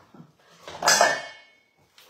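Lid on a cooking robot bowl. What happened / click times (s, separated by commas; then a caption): The plastic lid locked onto the bowl / 2.0 s. The lid of a food processor (cooking robot) is turned and locked onto its bowl after the machine alarmed because the lid was not locked. A loud clatter of the lid rises around 0.7 s and fades out, followed by a short sharp hit at 2.0 s as the lid locks into place.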